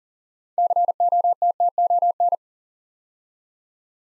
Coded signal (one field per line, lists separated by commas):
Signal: Morse code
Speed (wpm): 40 wpm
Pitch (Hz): 700 Hz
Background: none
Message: COTTON